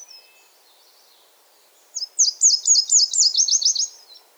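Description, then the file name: Nashville warbler song: after a few faint high notes, a run of several crisp, quickly repeated high notes, then silence. Song recorded in Quebec. "NAWA SONG QC - Nashville Warbler - Leiothlypis ruficapilla"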